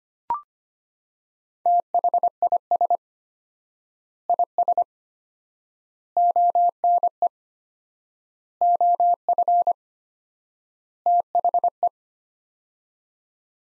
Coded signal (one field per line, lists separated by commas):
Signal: Morse code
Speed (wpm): 25 wpm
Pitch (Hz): 700 Hz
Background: none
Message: THIS IS ONE OF THE